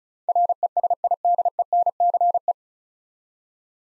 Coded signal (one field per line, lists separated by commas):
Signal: Morse code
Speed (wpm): 36 wpm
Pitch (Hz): 700 Hz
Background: none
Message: RESIDENCE